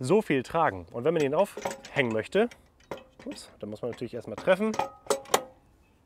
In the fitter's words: clicks into place audibly, then you simply turn the lever back and it sits